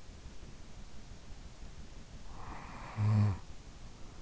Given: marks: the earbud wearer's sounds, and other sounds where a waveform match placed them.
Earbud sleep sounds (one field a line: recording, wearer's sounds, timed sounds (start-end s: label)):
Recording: sounds in sleep by an in-ear microphone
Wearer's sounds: snoring breath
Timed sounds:
2.16-3.65 s: snoring breath